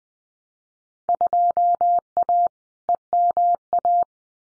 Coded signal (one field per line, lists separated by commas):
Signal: Morse code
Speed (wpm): 20 wpm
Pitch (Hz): 700 Hz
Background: none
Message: 2A EMA